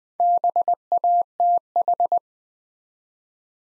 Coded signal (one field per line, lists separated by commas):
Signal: Morse code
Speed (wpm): 20 wpm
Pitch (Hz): 700 Hz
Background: none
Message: BATH